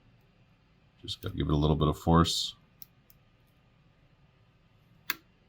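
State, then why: Released. Someone talks while gently bending an electrolytic capacitor, glued onto the circuit board of a Game Gear (VA1 model) handheld console, with needle-nose pliers and a little force. A sharp click is heard at 5.1 s as the glue breaks and the capacitor snaps loose from the board.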